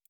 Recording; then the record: hydrophone in a shrimp aquaculture tank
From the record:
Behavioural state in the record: normal